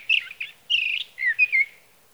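Sage thrasher giving a short song fragment: a few scratchy warbled notes, a sustained buzzy phrase, then slurred whistles fading out.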